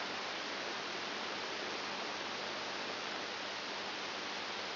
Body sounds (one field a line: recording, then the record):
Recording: brain microelectrode recording played as sound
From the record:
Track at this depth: inside the subthalamic nucleus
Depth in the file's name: 6.701 mm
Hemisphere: left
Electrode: 2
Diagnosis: Parkinson's disease